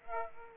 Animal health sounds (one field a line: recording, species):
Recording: mosquito wingbeat signal from an infrared sensor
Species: Aedes aegypti